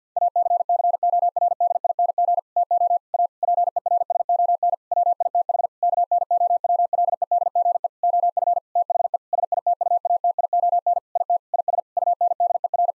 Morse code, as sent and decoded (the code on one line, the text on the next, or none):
.- -.-. -.-. --- .-. -.. .. -. --. / - --- / .- / .--. . .-. ... --- -. / .-- .. - .... / -.- -. --- .-- .-.. . -.. --. . / --- ..-. / - .... . / ... .. - ..- .- - .. --- -. / .. - / .. ... / ..- -. -.. . .-.
ACCORDING TO A PERSON WITH KNOWLEDGE OF THE SITUATION IT IS UNDER